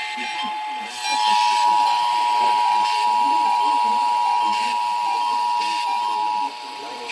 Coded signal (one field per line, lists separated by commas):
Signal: Emergency Alert System (SAME) tones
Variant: 853 and 960 Hz attention tone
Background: speech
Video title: EAS Compilation - Kanawha Chaos (4/1/24-4/2/24) EAS 2236-2375